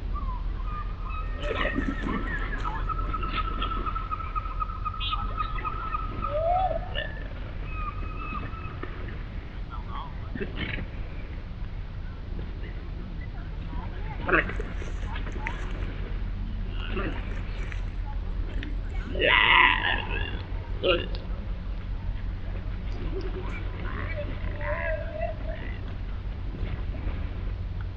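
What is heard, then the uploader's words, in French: Seals at a coastal park, heard over a steady low rumble like a motor or wind. Short calls, murmurs and possible voices come and go throughout, with the loudest burst of sound around twenty seconds in. Les phoques du Parc National du Bic, près de Rimouski au Québec. Enregistrement en Binaural et Stéréo (couple XY). Zoom H1n- Roland CS10EM. Beaucoup de bruit, je n'ai pas réussi à bien l'enlever, car les animaux étaient éloignés.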